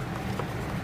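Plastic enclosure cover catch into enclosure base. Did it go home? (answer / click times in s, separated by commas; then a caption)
no / none. The back-side catch of a plastic enclosure cover is being handled and pressed toward the enclosure base, with a steady low rumble and a few faint soft bumps. Nothing has seated or clicked yet.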